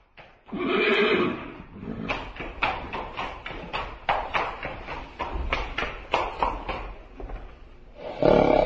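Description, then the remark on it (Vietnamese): A mandarin's horse arrives, letting out a loud, long whinny, followed by a steady run of sharp hoof clip-clops, and another neigh rises at the very end. “Mồ côi vừa đi được một lúc thì ngựa quan tới.”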